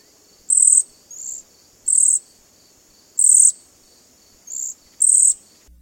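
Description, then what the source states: Cedar Waxwing thin, very high hissing trills, six short bursts spaced about half a second to one and a half seconds apart, two softer and lower; otherwise quiet. Returns to the Northland in late spring when apple blossoms open; nests there; forms big flocks in late summer and fall catching flying insects and feeding at berry bushes and mountain ash; sounds like tiny mice snoring.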